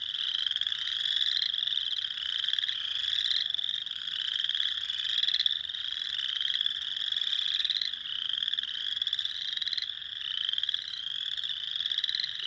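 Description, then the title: Spring peepers calling in a dense chorus, countless high rising peeps overlapping continuously into a shrill, ringing wall of sound with no pauses. Recorded on 6 April 2021. "2021-04-06-Spring-Peepers"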